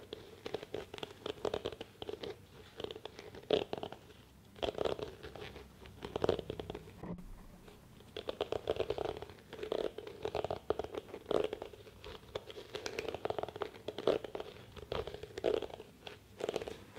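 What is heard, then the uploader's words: Lotion sounds: a steady run of soft, wet scratching and squishing strokes, dense and irregular, with brief louder smacks every second or two. The texture stays fairly even throughout, with a short quiet gap around seven seconds. Lotion Sounds, Hair Brushing, Cottons, Tapping.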